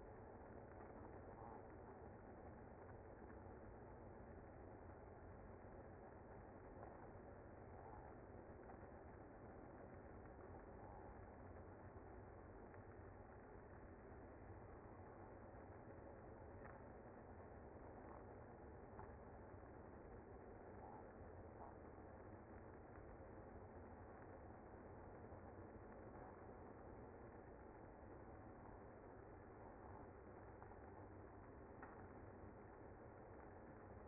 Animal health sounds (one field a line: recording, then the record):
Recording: honeybee colony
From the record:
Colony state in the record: active